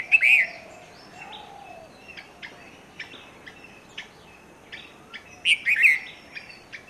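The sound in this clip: Red-vented bulbul song: a loud bubbly phrase opens and another comes near the end, with soft ticking calls in between.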